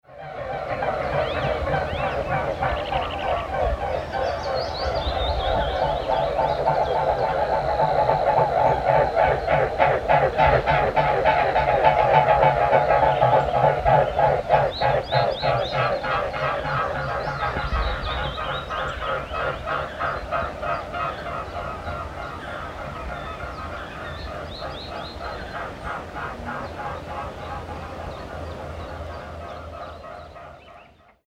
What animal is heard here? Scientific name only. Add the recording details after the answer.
Cygnus olor. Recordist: Frommolt, Karl-Heinz. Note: Fluggeräusche